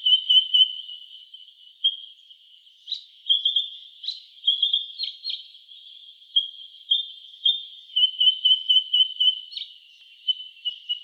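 White-throated honeyeater giving high, thin piping calls in uneven bursts and short runs, with sharp clipped notes scattered between, against a quiet background.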